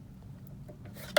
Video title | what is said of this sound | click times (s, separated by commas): Viking Emerald 116 Overview with Luke's Sewing Centers educator Brenda | lips you heard that little click alright so | 1.2 s